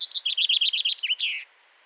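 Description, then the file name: Common chaffinch song: a quick run of repeated bright notes closing with a short flourish, lasting about a second and a half. "Fringilla coelebs"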